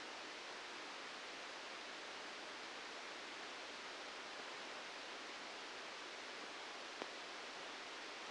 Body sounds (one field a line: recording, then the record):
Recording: brain microelectrode recording played as sound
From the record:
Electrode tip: outside the subthalamic nucleus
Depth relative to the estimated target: 1 mm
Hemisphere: left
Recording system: NeuroSet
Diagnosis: Parkinson's disease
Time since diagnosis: 13 years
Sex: male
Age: 65 years